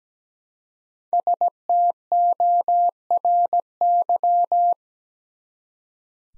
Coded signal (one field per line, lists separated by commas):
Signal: Morse code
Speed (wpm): 17 wpm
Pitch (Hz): 700 Hz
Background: none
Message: STORY